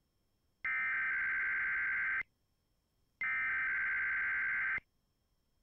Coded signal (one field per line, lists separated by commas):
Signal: Emergency Alert System (SAME) tones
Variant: header bursts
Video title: COVID-19 ISOLATION ALERTS PART 2... (EAS ALERTS 3856-3869 FROM 10/11/22-10/15/22)